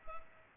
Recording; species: mosquito wingbeat signal from an infrared sensor; Culex pipiens